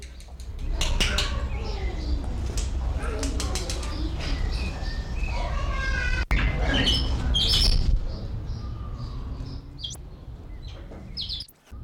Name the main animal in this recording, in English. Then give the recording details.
Weeper Capuchin. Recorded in captivity. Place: Zoo Berlin, Berlin, DE. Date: 1994-05-21 10:09. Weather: heiter, 12-16°C. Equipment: Marantz CP 430, Sennheiser ME 80, Kopie Uher Variocord 263. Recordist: Tembrock, Günter